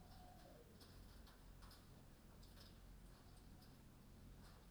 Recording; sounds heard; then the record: poultry house recording; healthy chickens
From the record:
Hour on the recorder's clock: 20